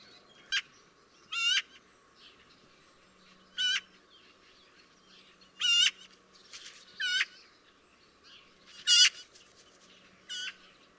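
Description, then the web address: Eurasian magpie giving about seven loud, harsh notes at irregular intervals. "chant xeno-canto pie bavarde"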